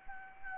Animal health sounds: mosquito wingbeat signal from an infrared sensor; Anopheles gambiae

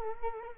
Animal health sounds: mosquito wingbeat signal from an infrared sensor; Culex quinquefasciatus

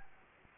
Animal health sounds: mosquito wingbeat signal from an infrared sensor; Anopheles gambiae

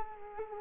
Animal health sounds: mosquito wingbeat signal from an infrared sensor; Culex quinquefasciatus

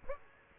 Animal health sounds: mosquito wingbeat signal from an infrared sensor; Aedes aegypti

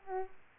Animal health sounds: mosquito wingbeat signal from an infrared sensor; Aedes aegypti

